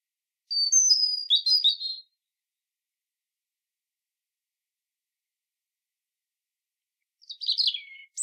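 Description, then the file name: European robin delivering a thin, trilling phrase of fine high notes, a long pause, then another short twittering phrase. "Erithacus rubecula"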